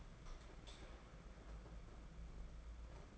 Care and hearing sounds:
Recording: daily activity, microphone in the room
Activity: light on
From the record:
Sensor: 5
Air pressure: 992.1 hPa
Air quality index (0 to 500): 206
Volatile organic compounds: 1000 ppm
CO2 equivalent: 5971 ppm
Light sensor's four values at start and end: 8/19/7/8 and 9/22/9/9

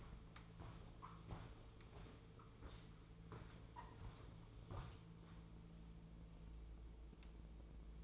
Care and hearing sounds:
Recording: daily activity, microphone in the room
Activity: walk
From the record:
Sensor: 1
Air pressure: 1005.5 hPa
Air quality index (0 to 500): 124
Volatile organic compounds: 5 ppm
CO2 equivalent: 1739 ppm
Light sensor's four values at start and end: 11/27/11/12 and 10/25/10/11

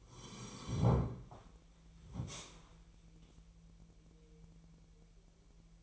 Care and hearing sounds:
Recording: daily activity, microphone in the room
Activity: sit down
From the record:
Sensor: 1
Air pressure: 1001.8 hPa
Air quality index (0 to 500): 248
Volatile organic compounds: 120 ppm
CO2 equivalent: 3876 ppm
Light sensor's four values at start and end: 12/28/12/13 and 12/29/12/14

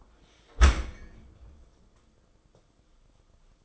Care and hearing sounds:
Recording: daily activity, microphone in the room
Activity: close dishwasher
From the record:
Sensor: 5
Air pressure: 994.5 hPa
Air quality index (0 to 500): 195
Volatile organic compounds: 1000 ppm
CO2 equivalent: 5762 ppm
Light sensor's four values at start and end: 43/132/51/56 and 42/128/50/54

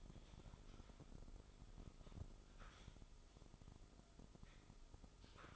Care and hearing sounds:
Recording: daily activity, microphone in the room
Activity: typing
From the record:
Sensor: 5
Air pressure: 988.8 hPa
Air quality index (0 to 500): 235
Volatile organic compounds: 193 ppm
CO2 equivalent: 4189 ppm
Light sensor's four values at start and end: 39/124/48/51 and 39/124/48/51

